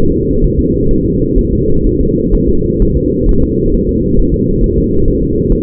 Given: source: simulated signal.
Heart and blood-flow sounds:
fetal heart sounds
0.12 s: S2
0.44 s: S1
0.59 s: S2
0.91 s: S1
1.06 s: S2
1.39 s: S1
1.53 s: S2
1.87 s: S1
2.01 s: S2
2.35 s: S1
2.49 s: S2
2.82 s: S1
2.97 s: S2
3.29 s: S1
3.44 s: S2
3.74 s: S1
3.89 s: S2
4.19 s: S1
4.34 s: S2
4.64 s: S1
4.78 s: S2
5.08 s: S1
5.23 s: S2
5.52 s: S1
From the record:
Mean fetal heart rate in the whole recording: 130 bpm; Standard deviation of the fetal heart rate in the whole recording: 4 bpm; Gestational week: 38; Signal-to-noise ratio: -16.4 dB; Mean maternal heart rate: 72 bpm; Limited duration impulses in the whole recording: present

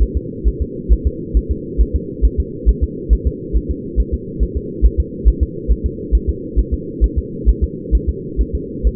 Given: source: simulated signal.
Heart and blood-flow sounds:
fetal heart sounds
0.03 s: S1
0.17 s: S2
0.48 s: S1
0.62 s: S2
0.93 s: S1
1.07 s: S2
1.37 s: S1
1.51 s: S2
1.81 s: S1
1.96 s: S2
2.25 s: S1
2.40 s: S2
2.69 s: S1
2.84 s: S2
3.13 s: S1
3.27 s: S2
3.57 s: S1
3.71 s: S2
4.00 s: S1
4.14 s: S2
4.43 s: S1
4.57 s: S2
4.86 s: S1
5.00 s: S2
5.28 s: S1
5.43 s: S2
5.72 s: S1
5.86 s: S2
6.15 s: S1
6.30 s: S2
6.59 s: S1
6.74 s: S2
7.04 s: S1
7.18 s: S2
7.49 s: S1
7.64 s: S2
7.95 s: S1
8.09 s: S2
8.41 s: S1
8.55 s: S2
8.87 s: S1
From the record:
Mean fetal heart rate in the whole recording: 135 bpm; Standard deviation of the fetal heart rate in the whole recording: 3 bpm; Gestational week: 34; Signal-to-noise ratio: -4.1 dB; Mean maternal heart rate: no maternal heart sound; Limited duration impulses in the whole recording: absent

